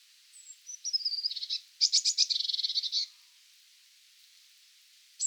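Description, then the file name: Eurasian blue tit: a few thin high notes leading into a long, fast, harsh churring trill lasting about two seconds. "Cyanistes caeruleus"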